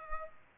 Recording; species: mosquito wingbeat signal from an infrared sensor; Aedes aegypti